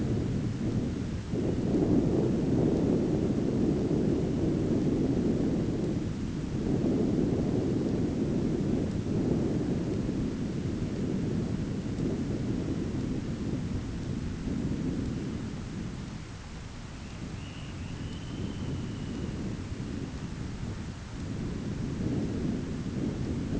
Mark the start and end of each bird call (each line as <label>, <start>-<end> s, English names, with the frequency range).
Dunlin (1.8-3.9 kHz), 16.83-19.75 s